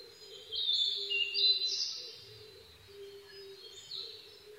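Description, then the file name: Blue-and-white flycatcher song: a high warbled whistled phrase early on, over a steady, repeated low tone. 22 May 2011 at 04:34. "ooruri-20110522-0434"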